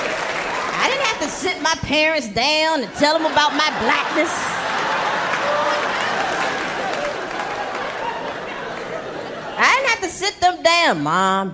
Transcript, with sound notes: I didn't have to sit my parents down and tell them about my blackness.
(LAUGHTER)
I didn't have to sit them down.